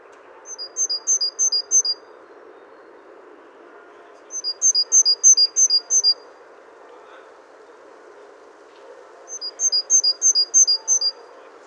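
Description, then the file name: Great tit repeating a high two-note see-saw phrase three times, roughly every four to five seconds, each of several quick pairs, against a steady low hum. "Parus major"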